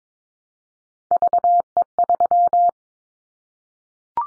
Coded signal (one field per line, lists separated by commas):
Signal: Morse code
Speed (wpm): 22 wpm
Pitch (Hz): 700 Hz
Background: none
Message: VE3